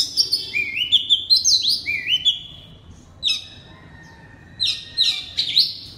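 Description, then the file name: Oriental magpie-robin delivering a run of rising whistled notes in quick succession, then a pause, then sharp chips and a ringing whistle. Loud song in the ngeplong style. "suara kacer ngeplong keras"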